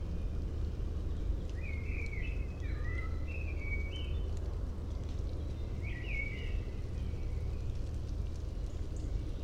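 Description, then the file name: Common blackbird singing two short phrases of warbled whistles, one early and one after a pause, with low steady rumbling noise underneath. "Turdus merula"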